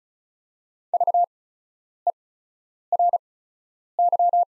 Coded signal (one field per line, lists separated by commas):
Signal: Morse code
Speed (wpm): 36 wpm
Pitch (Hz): 700 Hz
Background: none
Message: VERY